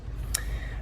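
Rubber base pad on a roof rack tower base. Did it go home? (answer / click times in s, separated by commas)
yes / 0.4 s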